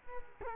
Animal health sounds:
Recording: mosquito wingbeat signal from an infrared sensor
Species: Culex quinquefasciatus

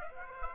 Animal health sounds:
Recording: mosquito wingbeat signal from an infrared sensor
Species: Aedes aegypti

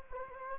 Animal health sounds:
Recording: mosquito wingbeat signal from an infrared sensor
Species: Anopheles gambiae

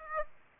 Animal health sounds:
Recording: mosquito wingbeat signal from an infrared sensor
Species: Aedes aegypti

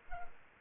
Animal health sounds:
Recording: mosquito wingbeat signal from an infrared sensor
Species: Culex quinquefasciatus

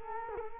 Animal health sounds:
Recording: mosquito wingbeat signal from an infrared sensor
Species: Culex quinquefasciatus

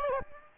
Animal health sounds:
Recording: mosquito wingbeat signal from an infrared sensor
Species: Aedes aegypti

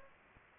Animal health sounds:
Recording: mosquito wingbeat signal from an infrared sensor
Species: Anopheles arabiensis

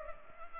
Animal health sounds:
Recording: mosquito wingbeat signal from an infrared sensor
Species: Culex pipiens

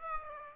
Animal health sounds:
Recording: mosquito wingbeat signal from an infrared sensor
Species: Aedes aegypti

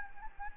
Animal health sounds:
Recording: mosquito wingbeat signal from an infrared sensor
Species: Anopheles gambiae

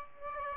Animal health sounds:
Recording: mosquito wingbeat signal from an infrared sensor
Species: Aedes aegypti

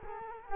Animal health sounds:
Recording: mosquito wingbeat signal from an infrared sensor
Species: Culex quinquefasciatus

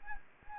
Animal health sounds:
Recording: mosquito wingbeat signal from an infrared sensor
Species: Anopheles gambiae

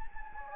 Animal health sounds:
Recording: mosquito wingbeat signal from an infrared sensor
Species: Anopheles gambiae

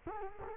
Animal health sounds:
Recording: mosquito wingbeat signal from an infrared sensor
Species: Culex quinquefasciatus

